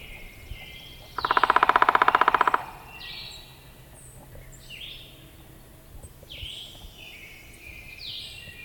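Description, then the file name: Downy Woodpecker whinny: a fast, even rattle of many squeaky notes lasting about a second and a half, with faint high chips and twitters around it. "Picoides pubescens - Downy Woodpecker"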